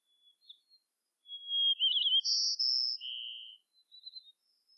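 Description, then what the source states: White-crowned sparrow singing: a whistled note, a wavering trill, high buzzy notes, then a lower buzz, with fainter song fragments before and after. Gambel's subspecies, Zonotrichia leucophrys gambelii.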